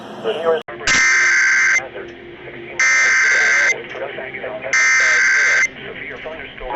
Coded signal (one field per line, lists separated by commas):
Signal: Emergency Alert System (SAME) tones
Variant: header bursts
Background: speech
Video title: A busy weekend! EAS #116-145 July 24th, 2021